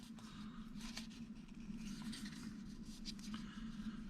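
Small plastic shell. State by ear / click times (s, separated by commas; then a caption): seated / 1.0 s, 3.2 s, 3.3 s. The top and bottom plastic halves of a 2016 Chrysler Town & Country 3-button Fobik key fob shell are squeezed together by hand, working around the edge after a battery replacement. Sharp snaps are heard at 0.97, 3.19 and 3.34 seconds over a steady low hum, and the shell halves are seated together.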